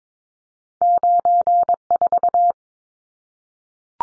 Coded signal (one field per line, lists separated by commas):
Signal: Morse code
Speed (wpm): 22 wpm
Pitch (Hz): 700 Hz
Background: none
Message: 94